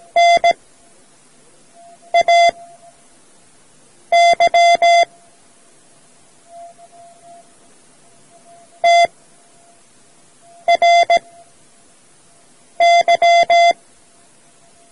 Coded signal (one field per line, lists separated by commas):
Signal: Morse code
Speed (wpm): 17 wpm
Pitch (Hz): 690 Hz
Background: none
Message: NAY TRY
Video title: Learning Morse Code: Part-I from Amateur Radio Society of India's audio cassette